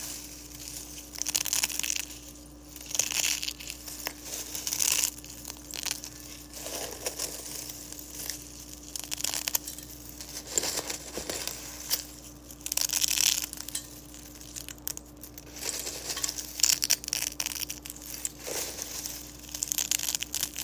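Eggshells are crushed in continuous bursts of crisp, brittle crackling, with bright sharp crunches clustering every second or two and brief quieter gaps between them. A faint steady hum runs low underneath throughout.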